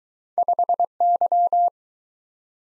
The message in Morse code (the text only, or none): 5Y